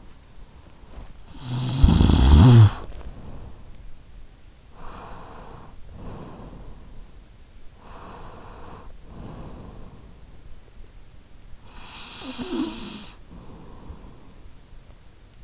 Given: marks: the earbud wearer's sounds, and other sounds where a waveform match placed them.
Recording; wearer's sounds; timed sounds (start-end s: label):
sounds in sleep by an in-ear microphone; snoring breath, breath
0.63-3.89 s: snoring breath
4.52-10.41 s: breath
11.44-15.10 s: snoring breath